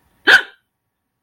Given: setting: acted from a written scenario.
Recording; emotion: vocal sound without words; negative surprise